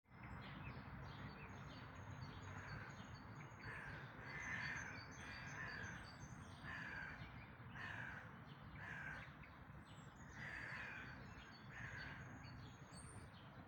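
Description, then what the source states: Birds in chorus: harsh calls recur repeatedly, while faint high whistles and chirps rise above a constant low rumble. Dawn chorus recorded in May 2026.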